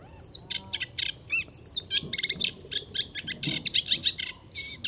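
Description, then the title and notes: Moustached warbler singing a fast, varied song: a pure whistle sliding down, then rapid scratchy chattering notes and further bright whistled slurs, all high-pitched and continuous. Singing in a reedbed, Camargue, 23 March 2019; no wind; bird hard to see in the reeds; recorded with a parabolic reflector, MKH 8020 microphone and MixPre-3. "La Lusciniole à moustaches. 23 mars 2019. Chemin de Fangassier. Camargue. une magnifique roselière où chante une Lusciniole à moustaches (Acrocephalus melanopogon). Pas un souffle de vent"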